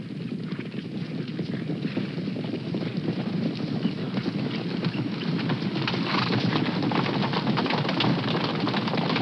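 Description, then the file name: Horses' hoofbeats: a dense, rapid drumming of many hooves that grows gradually louder, set against rough, noisy background rumble. Several horses approaching over a long stretch. "R 14-30-Horses Long Approach"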